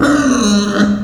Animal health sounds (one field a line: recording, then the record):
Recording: squeal of a Yucatan mini pig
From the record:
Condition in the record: after surgery on the right vocal fold (resection and tissue-engineered implant)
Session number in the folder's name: 6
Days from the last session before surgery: 40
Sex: female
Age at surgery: 19 weeks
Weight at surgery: 25 kg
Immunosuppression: prednisolone